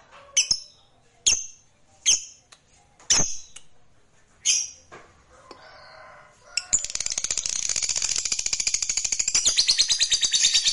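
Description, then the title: Lovebird: several sharp, high chirps about a second apart, then a continuous rapid, shrill chattering trill. "Suara Lovebird"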